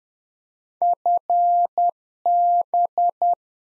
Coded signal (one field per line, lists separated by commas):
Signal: Morse code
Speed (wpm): 10 wpm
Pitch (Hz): 700 Hz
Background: none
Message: FB